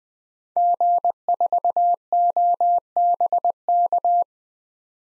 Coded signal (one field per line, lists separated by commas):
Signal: Morse code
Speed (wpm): 20 wpm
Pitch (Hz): 700 Hz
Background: none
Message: G4OBK